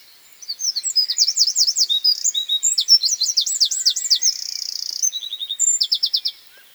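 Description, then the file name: Eurasian wren delivering a long, energetic song of about six seconds: shrill rattling trills and buzzy runs following one another without a break. "Troglodytes troglodytes"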